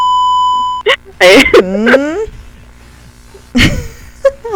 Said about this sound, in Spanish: Mira, tengo mi pitido de censura.